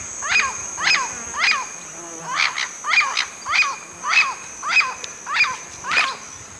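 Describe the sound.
Bird calls, a harsh note repeated about eleven times, roughly every half second, over a steady high hiss.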